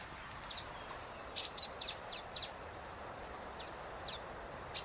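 Common waxbill calls: sharp high tsip notes, scattered singly and in small clusters throughout, against faint continuous hiss.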